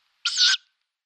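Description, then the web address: Tawny owl chick making one short, breathy, hissing screech. Downy young. "Schulze Peter Tawny Owl downy Young"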